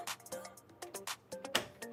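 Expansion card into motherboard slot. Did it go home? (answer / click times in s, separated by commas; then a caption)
yes / 1.6 s. An expansion card, lined up with the metal bracket at the end, is given a solid push into its motherboard slot over background music. It clicks into place and is seated, with a sharp click at 1.6 s.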